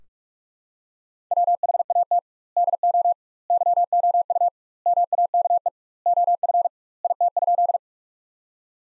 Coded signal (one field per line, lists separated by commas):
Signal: Morse code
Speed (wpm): 41 wpm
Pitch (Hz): 700 Hz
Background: none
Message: WHAT DO YOU MAKE OF IT?